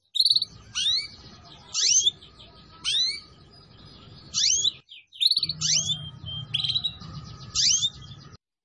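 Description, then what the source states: Atlantic canary singing repeated high phrases of upswept whistles and dense buzzy notes, pausing briefly between bursts, with a low background hum. Song used as a lure to attract birds.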